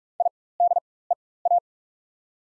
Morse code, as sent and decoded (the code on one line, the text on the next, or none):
.. -.. . .-
IDEA